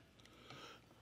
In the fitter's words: and you have a channel in here where you're going to line it up with your hook and it'll just click into place